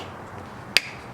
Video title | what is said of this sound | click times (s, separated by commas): BMW E60 M5 LCI Head/Tail Light Retrofit DIY | and then you'll snap it in until you hear both of those tabs click back in the top. | 0.8 s